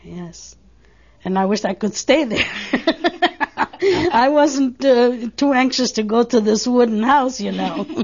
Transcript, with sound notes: Yes. And I wished I could stay there. ( they laugh ) I wasn't too anxious to go to this wooden house, you know.